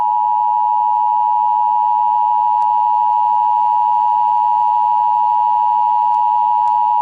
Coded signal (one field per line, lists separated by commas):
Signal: Emergency Alert System (SAME) tones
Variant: 853 and 960 Hz attention tone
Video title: Fake North Korea Attack Prank: Emergency Alert System (EAS)